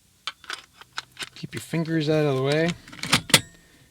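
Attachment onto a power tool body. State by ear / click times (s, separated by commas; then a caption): seated / 3.3 s. An attachment is pushed onto the body of a power tool while someone talks, with a few short knocks and handling sounds early on. It goes straight in and snaps into place with one sharp click at 3.3 s.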